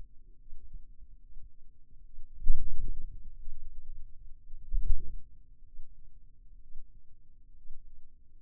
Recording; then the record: forearm muscle sounds (acoustic myography)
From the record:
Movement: wrist extension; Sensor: system 2, bracelet of six BSWA MPA416 microphones around the upper forearm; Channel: 5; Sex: male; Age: 22 years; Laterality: right